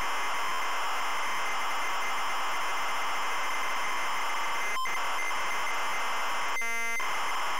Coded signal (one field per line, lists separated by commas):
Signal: ZX Spectrum tape loading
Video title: ZX SPECTRUM Loading Pipe Mania 1990 Empire Software